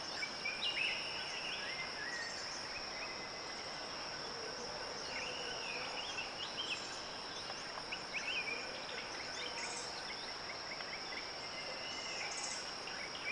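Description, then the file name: Cricket song as a continuous high-pitched trill, joined by assorted birds whistling and chirping in brief phrases, over a gentle ambient hiss. Calm morning in a Thai jungle, with birds, crickets and echo. "Thailand Jungle Calm Morning With Birds And Crickets Echo Natural"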